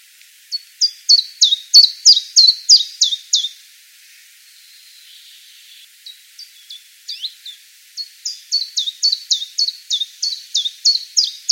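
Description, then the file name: Common chiffchaff song, a run of high, sharp chiff-chaff notes, about three a second, a pause of a few seconds with a few faint notes, then the series resumes steadily. "penochka tenkovka"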